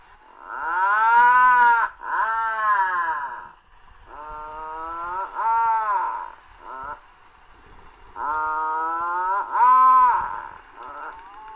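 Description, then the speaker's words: Atlantic puffin giving several drawn-out groaning calls that rise and fall in pitch, separated by short pauses. "Have you ever heard a puffin? Listen to this."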